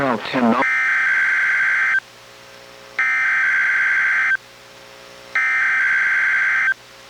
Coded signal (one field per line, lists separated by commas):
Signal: Emergency Alert System (SAME) tones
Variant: header bursts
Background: speech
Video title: EAS #1068: NWR Required Weekly Test- Mar. 5, 2025- 10:59AM PST